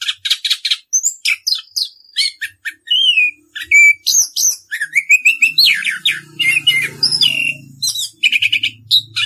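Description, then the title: Orange-headed thrush song, a rapid stream of sharp chips, slurred whistles and varied phrases; a faint low hum runs underneath partway through. Song style called ngerol, a rolling continuous delivery; used as a masteran, a training recording for caged songbirds. "Anis Kembang 9. suara anis kembang ngerol"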